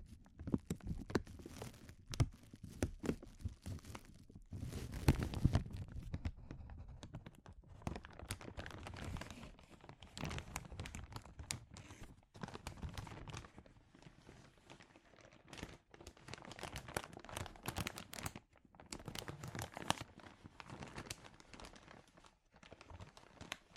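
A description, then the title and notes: Sensitive crinkling plays in dense, irregular bursts of rustle and crackle, with sharp bright snaps scattered throughout. The loudest cluster comes around five seconds, and brief quiet gaps fall near 12, 16 and 23 seconds before the crinkling resumes. ASMR Sensitive Crinkles (No Talking).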